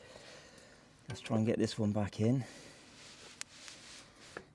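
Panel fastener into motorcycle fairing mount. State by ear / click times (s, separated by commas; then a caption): not seated / none. Someone talks, then pushes a loose, dirty panel fastener on a motorcycle back into its hole in the fairing mount, making brief knocks at about 3.4, 3.7 and 4.4 seconds with no clean click. The fastener has not seated or clicked yet.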